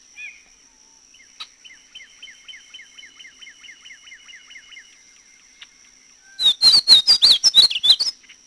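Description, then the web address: Painted bunting song: a bright, rapid warble of slurred high notes bursting in near the end, preceded by a faint, steady series of thin ticking notes. "Peterson North American Birds. pabu"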